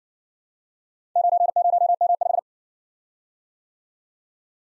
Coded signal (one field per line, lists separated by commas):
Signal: Morse code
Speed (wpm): 56 wpm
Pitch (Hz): 700 Hz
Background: none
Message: 90M5